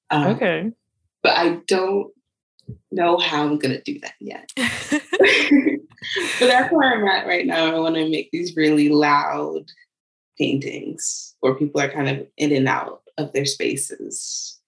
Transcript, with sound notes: But I don’t know how I’m going to do that yet, (laughs) but that’s where I’m at right now. I wanna make these really loud paintings, where people are kind of in and out of their spaces.